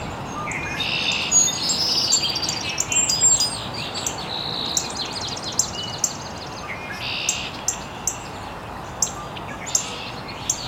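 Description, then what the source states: Birds twittering busily early on, then sparser high chips and sharp ticks repeating regularly, over steady hiss. Birds chirping very early in the morning in an estuary.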